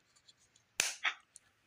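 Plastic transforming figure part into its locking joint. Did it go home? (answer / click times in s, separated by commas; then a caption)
yes / 0.8 s. A part of a plastic Transformers Earthspark Breakdown transforming action figure, a slightly flimsy knockoff, is pushed into its locking joint. It snaps into place with a sharp, bright click at 0.8 s, followed by a short plastic rattle. Faint handling ticks are heard around it, and the joint is left locked.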